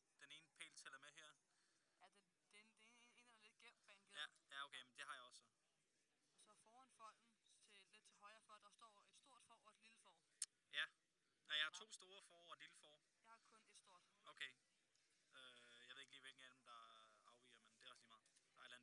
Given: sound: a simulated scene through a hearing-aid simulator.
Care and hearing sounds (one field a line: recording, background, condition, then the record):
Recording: conversation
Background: quiet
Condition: 55 dB SPL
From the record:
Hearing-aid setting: standard clinical setting (NAL)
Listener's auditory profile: D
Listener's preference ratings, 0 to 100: 48, 51, 41